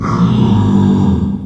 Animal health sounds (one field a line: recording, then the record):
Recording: squeal of a Yucatan mini pig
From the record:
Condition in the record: after surgery on the right vocal fold (resection and tissue-engineered implant)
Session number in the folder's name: 16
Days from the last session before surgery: 183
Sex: female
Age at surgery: 19 weeks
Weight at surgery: 25 kg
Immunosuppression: prednisolone